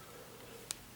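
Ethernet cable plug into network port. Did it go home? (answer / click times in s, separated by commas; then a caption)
yes / 0.7 s. An Ethernet (RJ45) cable plug is pushed into a network port with its pins facing up until its plastic latch clicks into place. Over a low, steady background, a single short, sharp click is heard at 0.7 s. The plug is seated.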